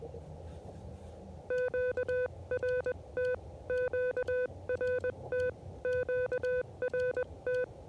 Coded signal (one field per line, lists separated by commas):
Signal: Morse code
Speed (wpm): 21 wpm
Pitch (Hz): 500 Hz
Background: music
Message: QRT QRT QRT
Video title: KH1 CW SOTA | Above the Clouds on Mt Herman, Colorado